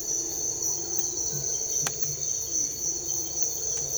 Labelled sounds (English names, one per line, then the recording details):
none
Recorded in dense forest near Puerto Asís, Putumayo, Colombia, on 21 December 2024 at 06:00
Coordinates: 0.484, -76.317
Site G026